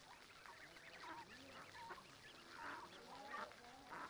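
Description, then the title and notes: Mallard calls, a busy stream of soft, high peeping notes with a few louder calls, set against a water background. Adults, half-grown and small ducklings with mothers on a small river in a park in Griñón, Madrid, Spain, Sunday afternoon; excited when people feed them; adolescent ducklings beg for food; Zoom H1n recorder. "Paseo de la Senda, Griñón, Madrid, España - Tarde en el parque del río con patos. patos griñon. Ánade Real (Anas platyrhynchos)"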